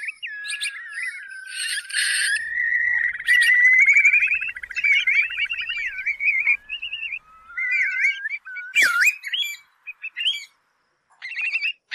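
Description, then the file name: Curlew bubbling song building into a rising rapid trill, followed by slurred whistles with gaps and a sharp note near nine seconds. Curlews labelled mỏ cong biển, choắt mỏ cong and rẽ mỏ cong. "tieng chim moc cong bien choat mo cong re mo cong"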